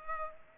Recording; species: mosquito wingbeat signal from an infrared sensor; Culex pipiens